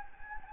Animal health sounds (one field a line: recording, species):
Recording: mosquito wingbeat signal from an infrared sensor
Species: Anopheles gambiae